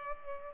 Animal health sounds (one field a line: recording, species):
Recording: mosquito wingbeat signal from an infrared sensor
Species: Culex pipiens